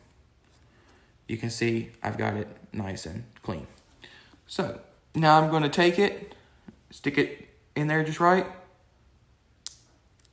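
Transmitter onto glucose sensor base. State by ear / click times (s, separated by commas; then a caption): seated / 9.7 s. Someone talks while a plastic Medtronic Guardian 3 glucose-sensor transmitter, used with a MiniMed 770G system, is pushed onto the sensor base stuck to the upper arm. After the talking stops, a single sharp click is heard at 9.7 s, followed by a few faint ticks. The transmitter is snapped on and seated on the sensor.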